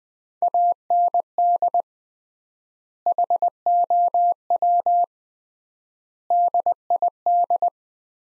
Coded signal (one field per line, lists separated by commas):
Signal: Morse code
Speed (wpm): 21 wpm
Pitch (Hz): 700 Hz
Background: none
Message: AND HOW DID